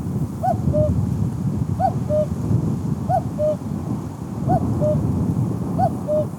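Steppe cuckoo calling a steady series of five two-note cu-coo phrases, falling from first to second note, with constant low rumbling noise.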